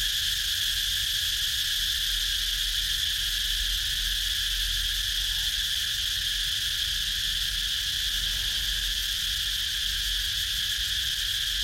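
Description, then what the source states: Insects in a continuous chorus, a high ringing drone holding level from start to finish. Recorded in Ha Giang, Vietnam, at 21h (night).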